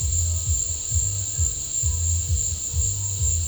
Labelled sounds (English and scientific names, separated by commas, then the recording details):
none
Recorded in pastures near Puerto Asís, Putumayo, Colombia, on 22 December 2024 at 16:00
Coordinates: 0.496, -76.326
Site G004